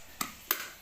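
The lid button on an electric kettle is pressed again and its hinged lid latch releases, opening the lid. Two quick, sharp clicks are heard, at 0.2 s and 0.5 s, the second slightly louder. No one talks.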